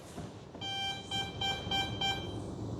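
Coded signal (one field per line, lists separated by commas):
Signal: beep code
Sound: a buzzy mid-pitched electronic tone lasting about two seconds, swelling in five quick pulses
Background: faint background hiss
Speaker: Okay, then there's going to be a long beep.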